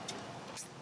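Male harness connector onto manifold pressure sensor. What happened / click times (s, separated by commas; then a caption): The harness connector clicked onto the sensor / 0.1 s. On a Fiat 124 during a MADNESS MAXPower ECM install, a male harness connector is lined up by its locking tab and pushed onto the manifold pressure sensor. A short, sharp click sounds at 0.1 s over a steady broadband background hum. The connector is seated.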